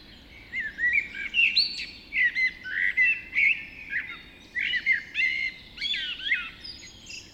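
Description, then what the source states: Birds (dawn chorus): several songbirds giving clear whistled phrases and chirps, overlapping in quick bursts with short pauses between. Dawn chorus recorded just after dawn in the Forest of Dean.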